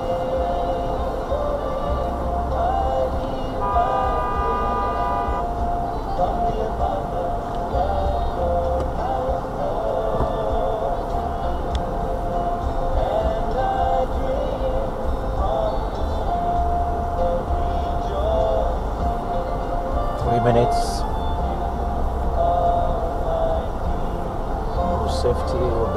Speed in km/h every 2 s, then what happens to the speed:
3, 3, 5, 5, 5, 6, 8, 8, 8, 8, 8, 10, 10.
0-26 steady at about 8.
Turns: none.